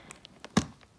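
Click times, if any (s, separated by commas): 0.6 s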